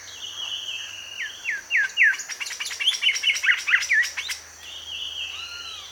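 Bird song, a series of clear downslurred whistles followed by a quick run of sharp notes, then fainter whistles at the end.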